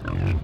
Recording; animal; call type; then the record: contact call of a hoofed animal; wild boar; grunt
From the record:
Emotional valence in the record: negative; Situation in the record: naturally occurring agonistic interactions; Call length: 0.44 s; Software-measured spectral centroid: 1180 Hz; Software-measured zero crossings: 500 a second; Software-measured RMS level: -24 dBFS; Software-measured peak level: -19 dBFS